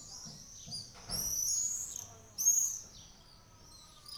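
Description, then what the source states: Swallow chirps, two bright high twittering bursts over a soft background hiss, with a brief low thud. About twenty swallows flying fast low over houses in Ollo, Navarra, Spain, on a summer morning; birds said to stop twittering when recording starts.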